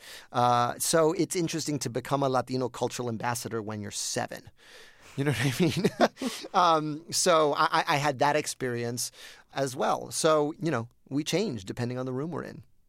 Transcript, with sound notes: So it's interesting to become a Latino cultural ambassador when you're 7, you know what I mean? (Laughter) So I had that experience as well. So, you know, we changed depending on the room we're in.